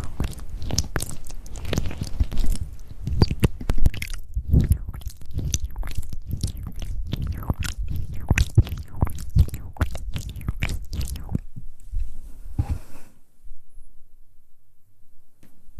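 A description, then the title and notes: Tingly mouth sounds come as a dense run of wet clicks, smacks and crunchy bites, packed closely for the first eleven seconds. Low thumps sit beneath them. After about twelve seconds the sounds thin out to sparse soft taps and near quiet. ASMR Tingly Mouth Sounds & Hand Movements.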